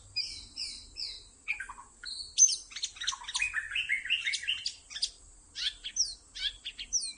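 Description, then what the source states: White-rumped shama singing high, bright whistles and rapid chattering phrases in an unbroken varied stream, over steady hiss and faint low rumble. Lure (pikat) song for attracting birds.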